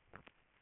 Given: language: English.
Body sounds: throat vibration sensor signal played as sound; swallow

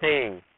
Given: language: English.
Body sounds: throat vibration sensor signal played as sound; speech

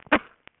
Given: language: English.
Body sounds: throat vibration sensor signal played as sound; cough

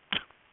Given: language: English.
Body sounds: throat vibration sensor signal played as sound; cough

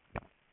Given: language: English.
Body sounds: throat vibration sensor signal played as sound; swallow

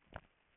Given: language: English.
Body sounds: throat vibration sensor signal played as sound; swallow

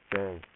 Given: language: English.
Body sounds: throat vibration sensor signal played as sound; speech

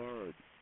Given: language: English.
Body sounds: throat vibration sensor signal played as sound; speech

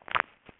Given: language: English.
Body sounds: throat vibration sensor signal played as sound; swallow

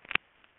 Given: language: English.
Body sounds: throat vibration sensor signal played as sound; swallow

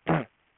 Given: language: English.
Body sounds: throat vibration sensor signal played as sound; throat clearing

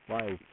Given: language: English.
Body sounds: throat vibration sensor signal played as sound; speech

